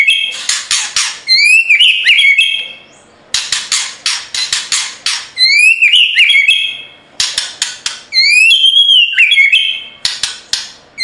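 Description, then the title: White-rumped shama song: loud harsh rattling bursts alternating with rolling, wavering whistled phrases, the pattern repeated about every three to four seconds. Training (masteran) recording for songbirds: full rolling (ngerol) song in a forceful "nembak" style. "Masteran Murai Batu Full Ngerol Nembak"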